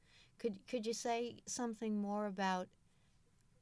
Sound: none

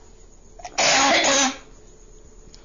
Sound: she coughs

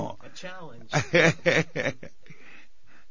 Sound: laughs

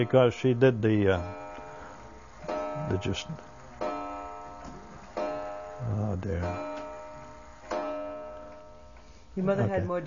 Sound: a clock chimes

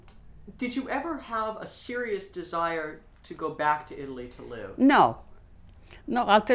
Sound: none

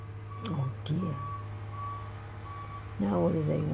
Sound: loud traffic noise in the background

